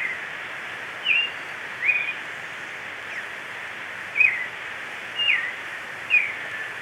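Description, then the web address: Marañón thrush song: five short whistled phrases with uneven gaps, over a steady hissing background. Ecuador. "Birds of Ecuador 22 Maranon thrush"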